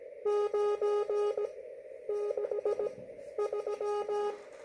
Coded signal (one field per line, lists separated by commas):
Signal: Morse code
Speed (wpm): 17 wpm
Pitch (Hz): 410 Hz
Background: none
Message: 9 6 3